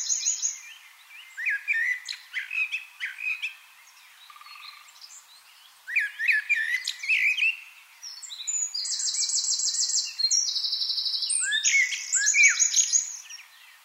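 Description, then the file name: Common blackbird song: scattered fluty whistles, chattering notes and squeaky twitters with brief pauses between bursts, and a loud buzzy high rattling sound near the end. "Turdus merula"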